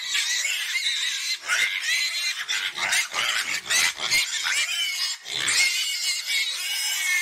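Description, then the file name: Pig squealing harshly and continuously, with rough choppy squeals in the middle and long, high screams at the start and end. "Tieng heo keu"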